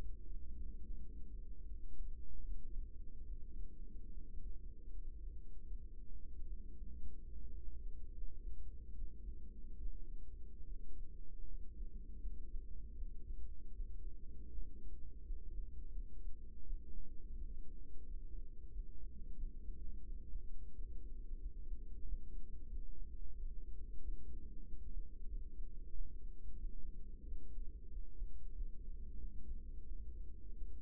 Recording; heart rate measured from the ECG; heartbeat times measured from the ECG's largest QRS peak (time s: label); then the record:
heart sounds by microphone in the right ear; 83 bpm
0.81 s: heartbeat
1.64 s: heartbeat
2.42 s: heartbeat
3.24 s: heartbeat
4.08 s: heartbeat
4.90 s: heartbeat
5.65 s: heartbeat
6.44 s: heartbeat
7.29 s: heartbeat
8.11 s: heartbeat
8.92 s: heartbeat
9.76 s: heartbeat
10.63 s: heartbeat
11.45 s: heartbeat
12.18 s: heartbeat
12.93 s: heartbeat
13.71 s: heartbeat
14.50 s: heartbeat
15.22 s: heartbeat
15.90 s: heartbeat
16.61 s: heartbeat
17.34 s: heartbeat
18.04 s: heartbeat
18.69 s: heartbeat
19.34 s: heartbeat
20.01 s: heartbeat
20.71 s: heartbeat
21.38 s: heartbeat
22.02 s: heartbeat
22.68 s: heartbeat
23.34 s: heartbeat
24.00 s: heartbeat
24.63 s: heartbeat
25.25 s: heartbeat
25.89 s: heartbeat
26.55 s: heartbeat
27.24 s: heartbeat
27.89 s: heartbeat
28.52 s: heartbeat
29.16 s: heartbeat
29.83 s: heartbeat
30.53 s: heartbeat
From the record:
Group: healthy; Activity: rest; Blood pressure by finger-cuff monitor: 126/64 mmHg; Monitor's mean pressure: 85 mmHg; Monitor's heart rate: 83 bpm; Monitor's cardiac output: 7.5 L/min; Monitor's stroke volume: 94 mL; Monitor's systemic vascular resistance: 820 dyn s/cm5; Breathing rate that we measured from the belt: 18 breaths a minute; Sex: female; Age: 24 years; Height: 163 cm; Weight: 55.7 kg